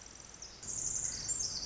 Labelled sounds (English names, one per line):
Pacific Wren